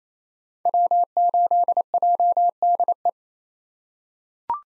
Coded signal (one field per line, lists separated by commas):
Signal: Morse code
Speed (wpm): 27 wpm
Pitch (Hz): 700 Hz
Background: none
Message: W8JDE